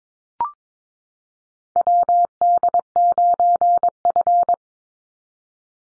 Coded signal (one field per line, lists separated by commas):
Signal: Morse code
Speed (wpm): 22 wpm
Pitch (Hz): 700 Hz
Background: none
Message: WD9F